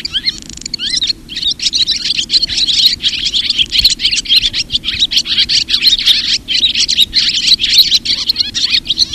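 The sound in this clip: Barn swallow twittering: a dense stream of high, quick chirps and short warbled notes.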